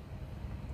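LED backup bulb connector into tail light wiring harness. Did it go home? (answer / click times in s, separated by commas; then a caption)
no / none. The pigtail of an LED backup bulb is being plugged into the plastic tail light wiring harness connector during a SPEC D tail light install on a 2006–2008 Dodge Ram 1500/2500/3500 pickup. Only a steady low-frequency rumble is heard, with no distinct transients. Nothing has seated or clicked yet.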